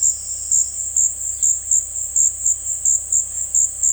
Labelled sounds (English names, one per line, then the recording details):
none
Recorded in dense forest near Puerto Asís, Putumayo, Colombia, on 20 February 2024 at 17:30
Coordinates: 0.487, -76.319
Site G6403